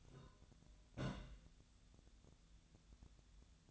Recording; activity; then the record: daily activity, microphone in the room; place on stove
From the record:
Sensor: 3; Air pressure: 1009.9 hPa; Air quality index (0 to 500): 187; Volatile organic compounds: 14 ppm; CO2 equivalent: 2435 ppm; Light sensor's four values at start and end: 42/104/45/48 and 42/104/44/48